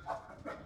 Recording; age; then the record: pig call; growing-finishing pig (85 days or more)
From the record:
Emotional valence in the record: positive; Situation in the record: run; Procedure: transit